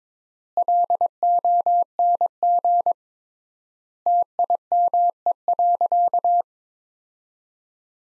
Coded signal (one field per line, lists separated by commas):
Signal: Morse code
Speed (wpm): 22 wpm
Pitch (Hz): 700 Hz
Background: none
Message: LONG TIME.